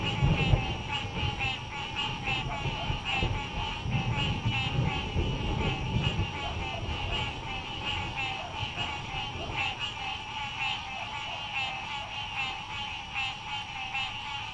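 Frog croaking in rapid, repeated pulses over a low rumbling background.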